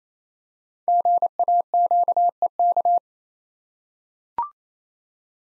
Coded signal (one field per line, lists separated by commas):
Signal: Morse code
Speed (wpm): 29 wpm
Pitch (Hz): 700 Hz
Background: none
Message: GAQEK